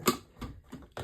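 A plastic water tank is being fitted onto the back of a new capsule coffee machine. Short plastic knocks and rattles are heard, with a sharp tap near 0.1 s, softer bumps around 0.4 s and 0.7 s, and another sharp tap at 1.0 s. The tank has not clicked into place yet.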